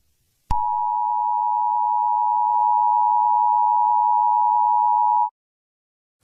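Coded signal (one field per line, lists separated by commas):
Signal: Emergency Alert System (SAME) tones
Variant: 853 and 960 Hz attention tone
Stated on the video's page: Self-made fictional EAS broadcast and tones, based on a 2021 earthquake film.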